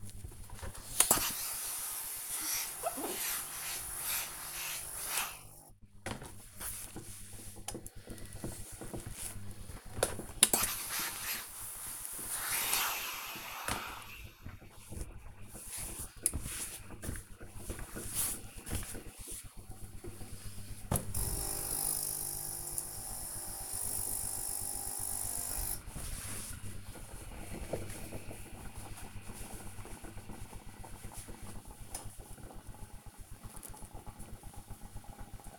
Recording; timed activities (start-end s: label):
household activities, microphone on the right wrist
0.00-18.35 s: ironing laundry